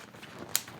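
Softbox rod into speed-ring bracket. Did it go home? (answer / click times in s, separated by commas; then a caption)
yes / 0.5 s. A rod of an Amaran Light Dome 90 collapsible softbox, a 90 cm softbox, is snapped into its mount on the speed-ring bracket. Against a quiet, low background, one sharp, bright click sounds at 0.6 s, and the rod is seated in place.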